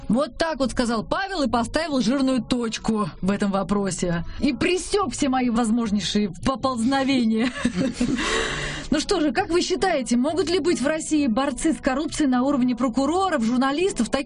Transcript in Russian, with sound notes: Вот так вот сказал Павел и поставил жирную точку в этом вопросе. И пресек все мои возможнейшие (смеется) Ну что же, как вы считаете, могут ли быть в России борцы с коррупцией на уровне прокуроров, журналистов?